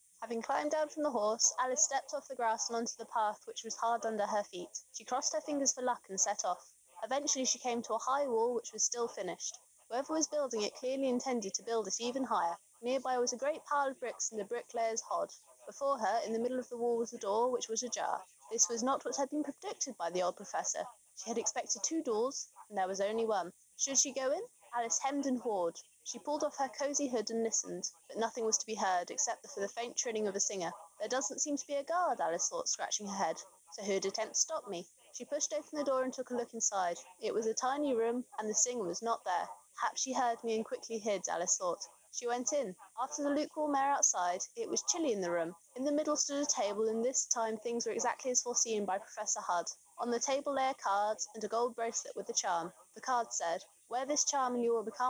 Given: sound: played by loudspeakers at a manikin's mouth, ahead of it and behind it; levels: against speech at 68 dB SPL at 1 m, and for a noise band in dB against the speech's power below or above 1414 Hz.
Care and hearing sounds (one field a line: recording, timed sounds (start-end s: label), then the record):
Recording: test signals for a remote microphone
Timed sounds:
0.13-55.10 s: woman speaking, babble ahead at +6 dB SNR for speech at 1 m
From the record:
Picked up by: remote microphone B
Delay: 24 ms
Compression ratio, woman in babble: 1.71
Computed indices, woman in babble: HASPI 0.957, HASQI 0.352 (non-linear 0.409, linear 0.859), ESTOI 0.804